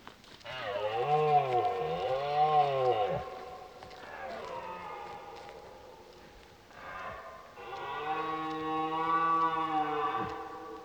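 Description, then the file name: Red deer roaring: a long undulating bellow with rising and falling pitch, a quieter groan, then another sustained rough roar. Rutting roars heard in the distance. "Burlen 06 in deverte"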